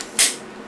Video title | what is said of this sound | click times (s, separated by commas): My Two Cents - Taurus 24-7 Pro Review (9mm) | Nice little solid loud click. | 0.2 s